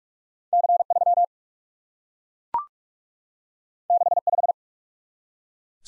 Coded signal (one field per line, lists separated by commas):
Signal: Morse code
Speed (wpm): 44 wpm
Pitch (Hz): 700 Hz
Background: none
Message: C 3 6 5